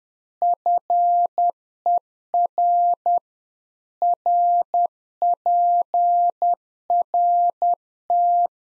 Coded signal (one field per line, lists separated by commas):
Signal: Morse code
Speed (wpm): 10 wpm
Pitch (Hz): 700 Hz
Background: none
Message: FER RPRT